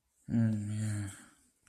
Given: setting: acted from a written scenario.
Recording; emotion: vocal sound without words; guilt